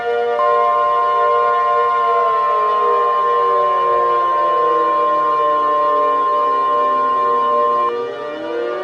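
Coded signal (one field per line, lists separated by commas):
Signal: Emergency Alert System (SAME) tones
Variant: 1050 Hz attention tone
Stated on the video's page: Fictional EAS scenario.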